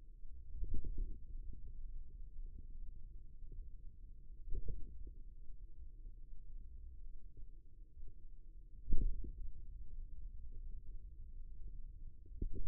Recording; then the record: forearm muscle sounds (acoustic myography)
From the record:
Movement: ulnar deviation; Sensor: system 2, bracelet of six BSWA MPA416 microphones around the upper forearm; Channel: 3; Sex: male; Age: 22 years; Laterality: right